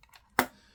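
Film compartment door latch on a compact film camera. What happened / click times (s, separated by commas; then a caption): The film door latch clicks open / 0.4 s. On a compact film camera, the film compartment opening lever is lifted and the back door latch releases with a sharp click at 0.4 s. Faint small handling sounds come before it, and the film door latch clicks open.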